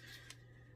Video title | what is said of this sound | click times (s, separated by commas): Cute Dollar Tree Haul 🌳 | and you can hear when they snap and if you don't hear that snap you want to make sure you get it to where it snaps okay | 0.3 s